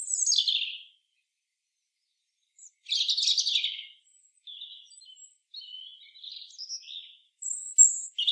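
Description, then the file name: European robin song: a descending high sweep, then a dense rattling phrase, soft warbling notes, and sharp thin whistles at the end. "Erithacus rubecula"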